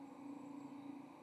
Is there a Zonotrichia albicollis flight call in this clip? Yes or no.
no